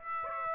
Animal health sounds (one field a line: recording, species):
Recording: mosquito wingbeat signal from an infrared sensor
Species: Aedes aegypti